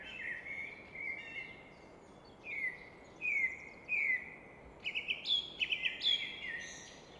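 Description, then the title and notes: Common nightingale phrases with pauses between them: slurred downward whistles, then a quick burst of rattling, repeated notes, all over a constant rushing background. Evening song in Fläsch, Switzerland; rushing of the Rhine reflected off a rock face in background; recorded with Fostex FR2 and MKH 800. "Fläsch, Schweiz - Abendstimmung Nachtigall. Im Hintergrund wird das Rauschen des Rheins von einer Felswand reflektiert"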